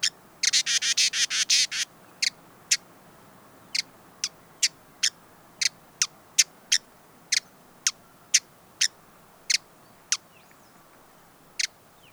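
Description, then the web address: Hooded visorbearer calls open with a quick rattling run of high chips, then settle into steady single dry chips. "sound Hooded-visorbearer دانلود-صدای-پرنده-آفتابگیر-کلاهدار"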